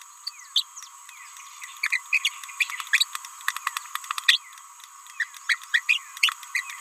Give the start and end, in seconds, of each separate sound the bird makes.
0.27-0.31, 0.55-0.65, 1.92-2.02, 2.13-2.18, 2.25-2.31, 2.60-2.64, 2.94-2.99, 4.29-4.39, 5.20-5.25, 5.50-5.59, 5.74-5.83, 5.88-5.98, 6.22-6.31, 6.54-6.64